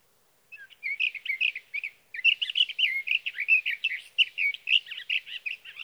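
Sage thrasher song in two bursts: a short warbled phrase, a brief pause, then a long continuous stream of rapid, varied whistled and warbled notes.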